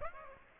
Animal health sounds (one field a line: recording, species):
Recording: mosquito wingbeat signal from an infrared sensor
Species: Aedes aegypti